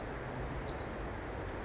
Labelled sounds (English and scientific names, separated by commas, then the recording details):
Pacific Wren (Troglodytes pacificus)
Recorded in Sonoma County, California